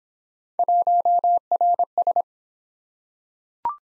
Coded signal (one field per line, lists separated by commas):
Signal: Morse code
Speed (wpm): 22 wpm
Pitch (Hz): 700 Hz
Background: none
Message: 1RS